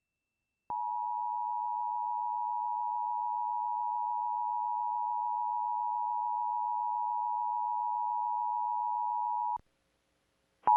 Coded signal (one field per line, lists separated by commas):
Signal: Emergency Alert System (SAME) tones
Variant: 853 and 960 Hz attention tone